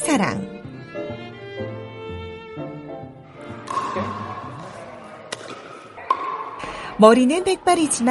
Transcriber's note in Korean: 현장음: 피클볼 경기장